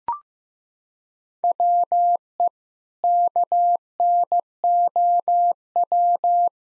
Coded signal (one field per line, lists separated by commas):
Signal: Morse code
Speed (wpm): 16 wpm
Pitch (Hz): 700 Hz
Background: none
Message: WE KNOW